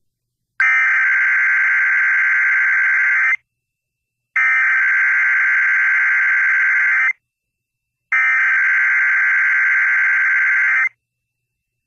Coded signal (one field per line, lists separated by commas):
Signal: Emergency Alert System (SAME) tones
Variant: header bursts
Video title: Kentucky EAS Alert: Child Abduction Emergency (Amber Alert) 08/24/2023